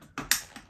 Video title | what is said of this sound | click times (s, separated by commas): Unboxing of the Tineco Carpet Cleaner | And it clicks in place. You hear the click. | 0.2 s, 0.3 s